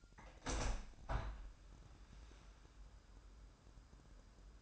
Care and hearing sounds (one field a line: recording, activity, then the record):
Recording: daily activity, microphone in the room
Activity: open window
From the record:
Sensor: 2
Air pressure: 998.4 hPa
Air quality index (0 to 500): 128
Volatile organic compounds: 3 ppm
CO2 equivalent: 1454 ppm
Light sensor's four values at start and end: 6/15/6/7 and 6/15/6/7